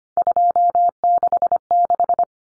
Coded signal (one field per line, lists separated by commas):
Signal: Morse code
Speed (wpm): 25 wpm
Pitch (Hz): 700 Hz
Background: none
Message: 266